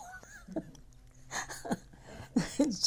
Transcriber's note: she laughs